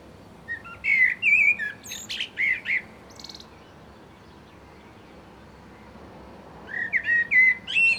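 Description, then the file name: Common blackbird singing two phrases with a long pause between, mixing flutey whistles with thin, high squeaky notes. "Turdus merula"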